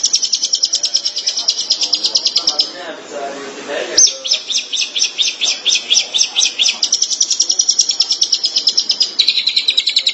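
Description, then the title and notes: Long-tailed Shrike song: a long, high, rapid chattering trill. It breaks off briefly, then resumes in several pitch-shifting phrases. Soft background noise can be heard during the gap. Called pentet in Indonesian; recording labelled 201703. "Suara burung pentet"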